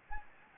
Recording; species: mosquito wingbeat signal from an infrared sensor; Anopheles gambiae